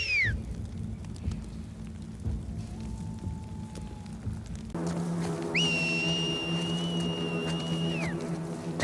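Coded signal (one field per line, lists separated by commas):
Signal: whistle signal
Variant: Seraphite whistle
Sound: a short falling whistle, then a long steady high whistle that rises in and drops away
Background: low ambient rumble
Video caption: When Scars are spread out over a large area, other Scars will carry the whistle so that everyone in the group is made aware. (the Man Down whistle is then repeated by another Seraphite)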